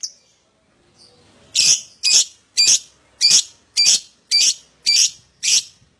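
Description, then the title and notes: Lovebird giving a steady series of harsh, shrill squawks, about two per second, after a brief faint note. Adult lovebird, gacor (singing constantly) with an owor-owor song style. "LOVEBIRD GACOR OWOR OWOR. Lovebird Dewasa"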